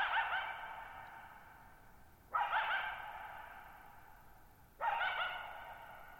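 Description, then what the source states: Coyote calling: three harsh barking howls about two and a half seconds apart, each trailing off in a long echo. Lone coyote calling on the night of July 14, 2019, at Thirtymile Meadows, Okanogan National Forest, 6400 ft (1950 m), bowl-shaped meadow on a high dry plateau.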